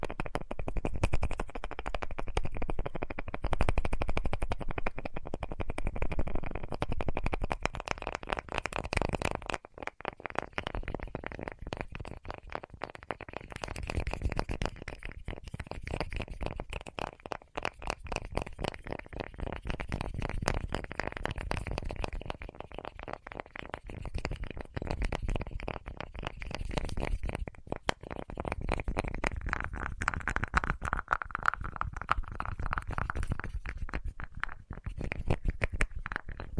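Rapid tapping runs the full length, dense and quick, with a soft, low, muffled tone. Brief gaps occur around 10, 17 and 28 seconds, and after about 30 seconds a steadier, brighter ringing layer appears beneath the taps. There is no talking.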